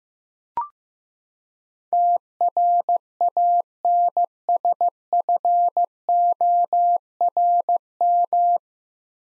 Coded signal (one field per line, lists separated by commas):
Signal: Morse code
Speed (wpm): 15 wpm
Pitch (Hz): 700 Hz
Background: none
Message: TRANSFORM